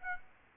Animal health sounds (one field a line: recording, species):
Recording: mosquito wingbeat signal from an infrared sensor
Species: Aedes aegypti